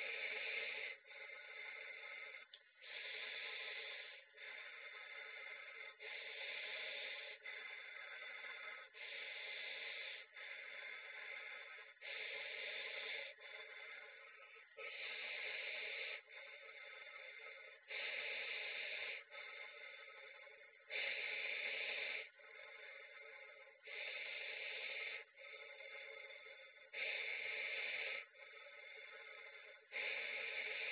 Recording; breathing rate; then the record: paced breathing near a phone; 20 breaths a minute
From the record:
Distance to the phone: 20 cm